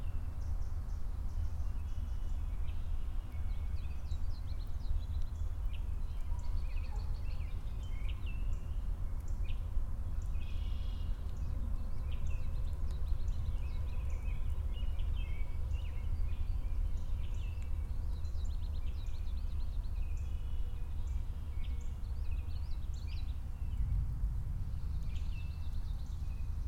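Many birds chirp and warble in a busy, overlapping chorus throughout, over a constant low rumble that swells slightly near the end.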